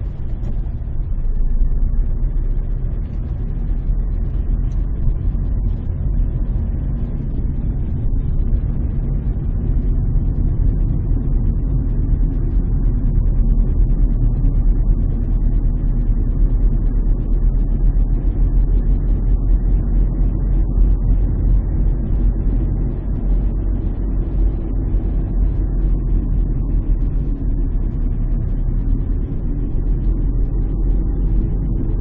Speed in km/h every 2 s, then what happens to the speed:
13, 16, 19, 23, 26, 28, 28, 28, 29, 31, 33, 34, 33, 31, 31, 36.
0-9 speeds up to 28. 9-28 steady at about 31.